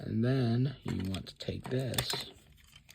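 Someone talks while handling a plastic part for the front of an Optimus Prime transforming toy in truck mode, the part that completes the truck cab. A few faint plastic ticks come near the end as the talking fades. Nothing has seated or clicked yet.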